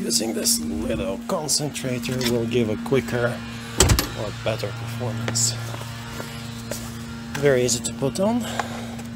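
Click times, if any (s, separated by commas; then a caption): none. A plastic concentrator nozzle is being handled for fitting onto the end of the plastic tube of an EGO 56V battery leaf blower (575 CFM) while someone talks over a steady hum. A sudden knock rises at 6.7 s, but nothing has seated or clicked yet.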